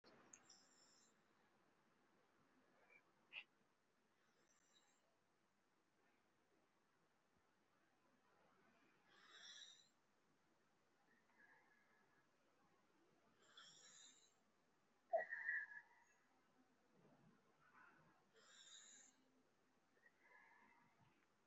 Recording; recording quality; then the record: shallow breathing; excellent, no background noise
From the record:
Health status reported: recovered from COVID-19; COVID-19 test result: positive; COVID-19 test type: RT-PCR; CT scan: taken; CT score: 2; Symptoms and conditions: cough, cold, breathing difficulty, sore throat, fatigue, muscle pain, asthma, another respiratory illness, hypertension, diabetes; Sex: female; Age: 49 years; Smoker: no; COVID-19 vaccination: both doses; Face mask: worn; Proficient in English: no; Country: India